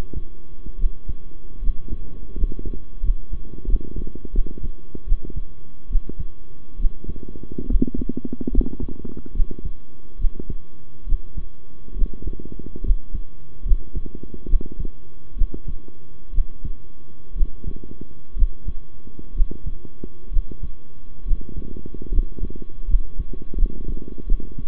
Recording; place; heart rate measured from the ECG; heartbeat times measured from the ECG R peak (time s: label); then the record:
heart sounds by stethoscope; between the tricuspid and mitral areas; 72 bpm
0.78 s: heartbeat
1.61 s: heartbeat
2.35 s: heartbeat
3.02 s: heartbeat
3.67 s: heartbeat
4.33 s: heartbeat
5.06 s: heartbeat
5.89 s: heartbeat
6.78 s: heartbeat
7.68 s: heartbeat
8.51 s: heartbeat
9.34 s: heartbeat
10.18 s: heartbeat
11.06 s: heartbeat
11.95 s: heartbeat
12.83 s: heartbeat
13.64 s: heartbeat
14.47 s: heartbeat
15.35 s: heartbeat
16.32 s: heartbeat
17.35 s: heartbeat
18.35 s: heartbeat
19.34 s: heartbeat
20.30 s: heartbeat
21.25 s: heartbeat
22.11 s: heartbeat
22.87 s: heartbeat
23.56 s: heartbeat
24.26 s: heartbeat
From the record:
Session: rest, sitting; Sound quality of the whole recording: good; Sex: male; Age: 23 years